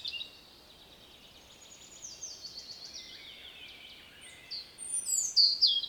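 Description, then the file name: European robin singing soft, thin descending warbles and faint trills, ending in a louder burst of very high, sharp notes. "Erithacus rubecula"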